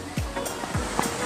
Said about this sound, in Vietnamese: Suối.